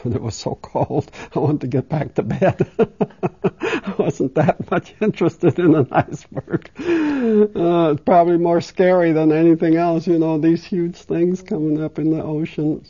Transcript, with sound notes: And it was so cold, I wanted to get back to bed. (She laughs.) I wasn't that much interested in an iceberg. Probably more scary than anything else, you know, these huge things coming up in the ocean.